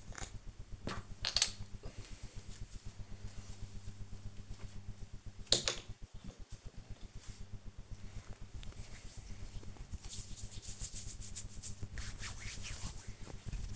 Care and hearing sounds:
household activities, microphone on the right wrist
0.00-13.76 s: cream hands

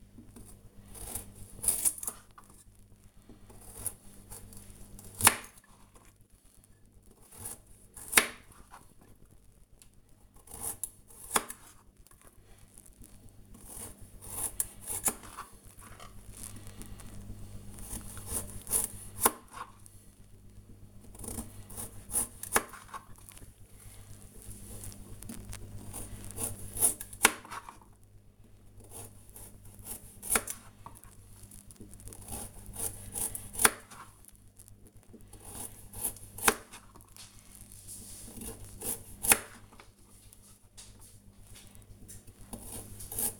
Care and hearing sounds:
household activities, microphone on the right wrist
0.00-43.39 s: cutting vegetables

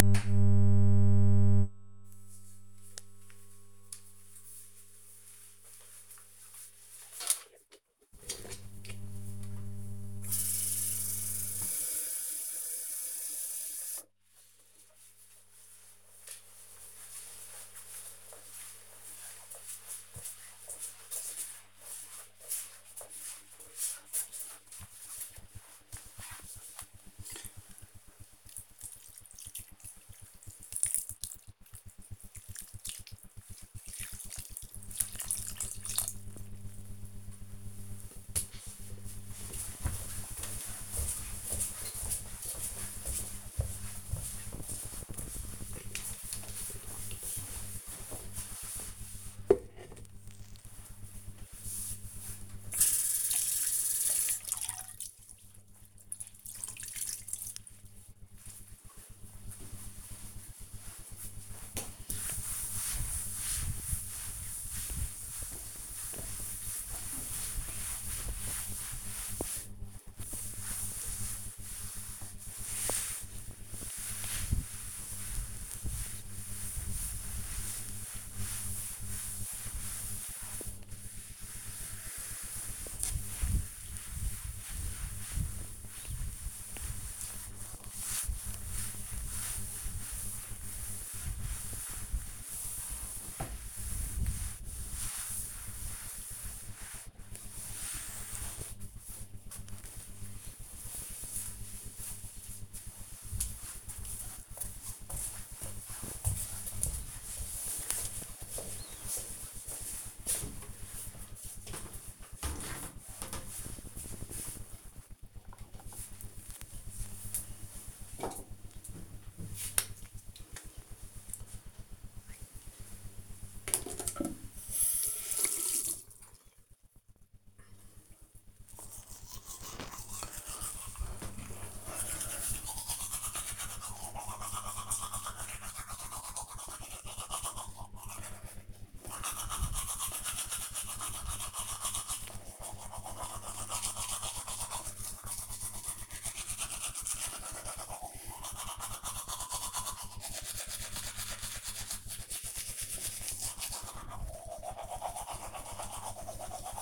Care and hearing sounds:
household activities, microphone on the right wrist
8.42-36.57 s: watering plant
51.67-97.91 s: cleaning table
115.01-156.82 s: brushing teeth

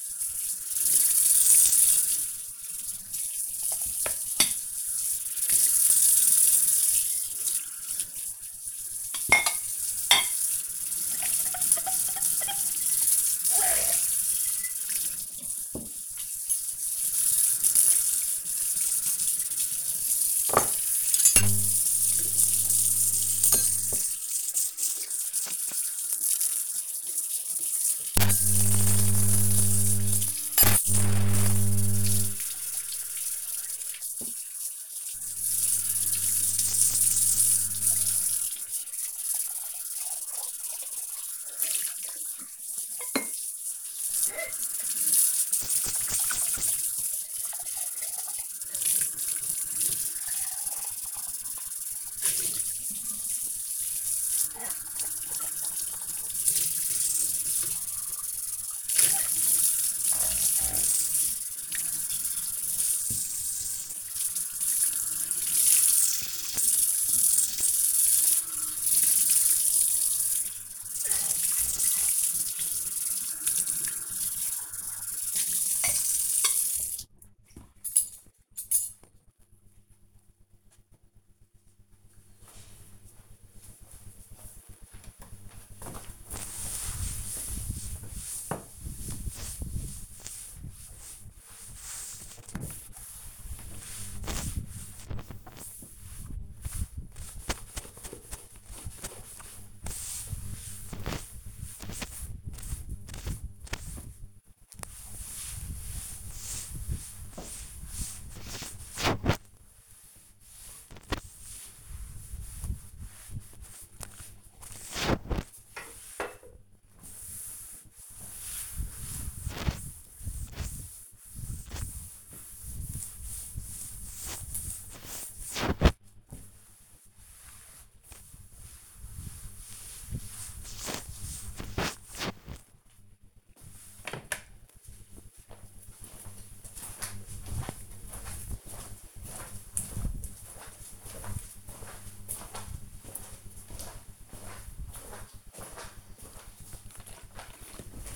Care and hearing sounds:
household activities, microphone on the right wrist
0.00-77.37 s: washing dishes
84.44-133.84 s: cleaning table
146.92-148.16 s: window cleaning

